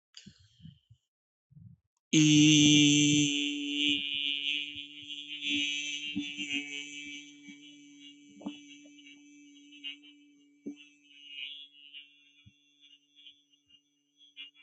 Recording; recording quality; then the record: sustained vowel as in beet; excellent, no background noise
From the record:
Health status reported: healthy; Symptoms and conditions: hypertension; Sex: male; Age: 37 years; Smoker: yes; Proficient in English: yes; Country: India